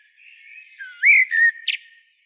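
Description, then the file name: Common blackbird giving a short phrase: a low fluted whistle sliding upward, then a brief squeaky, scratchy flourish at the end, in an otherwise quiet background. "Turdus merula"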